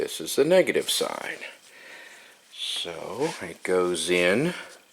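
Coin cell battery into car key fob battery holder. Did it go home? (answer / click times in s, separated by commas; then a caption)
no / none. Someone talks while handling a coin cell battery as it goes into the battery holder of a Volvo key fob during a battery change. The battery has not seated or clicked into place yet.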